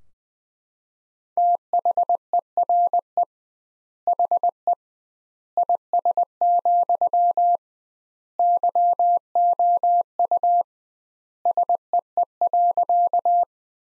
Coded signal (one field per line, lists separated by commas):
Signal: Morse code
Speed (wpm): 20 wpm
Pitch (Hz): 700 Hz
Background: none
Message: THERE HE IS, YOU SEE.